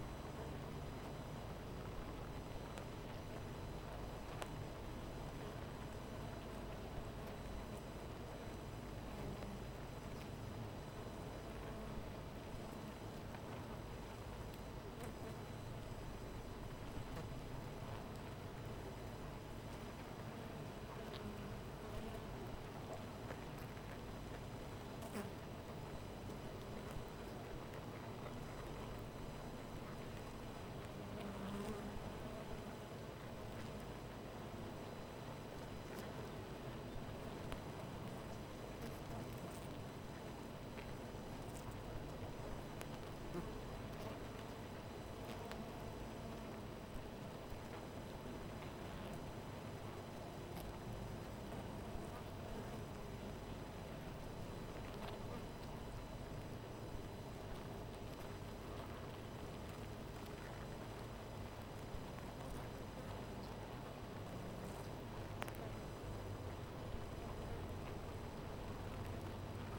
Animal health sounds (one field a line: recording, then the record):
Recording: honeybee colony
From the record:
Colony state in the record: missing queen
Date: 14 July 2017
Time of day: 13:08